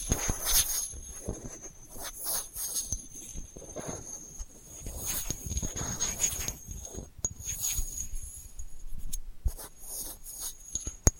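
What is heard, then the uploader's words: Delicate scratching comes in soft, irregular bursts of rasping, with brief pauses between strokes and a few sharper clicks near the end. A thin, steady high whine runs through the whole clip beneath the scratches. ASMR Delicate Scratching for Sleep (No Talking).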